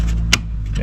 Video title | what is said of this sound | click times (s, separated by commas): Gettin' it Dun (S3, Ep. 2) How to Remove the Shifter & Shifter Plate from a Tracker Bass Boat | and that just pops into place with the tabs there | 0.3 s